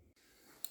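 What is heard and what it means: A retaining part is worked loose from the driveshaft support on a driveline during a driveshaft overhaul of an E46. Faint hiss runs under the clip until a short, sharp pop at 0.6 s as the retaining part comes out and is released.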